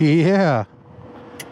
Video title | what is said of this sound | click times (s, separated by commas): 2025 Triumph Scrambler 400X: Harley Rider's First Impressions | satisfying click. | 1.4 s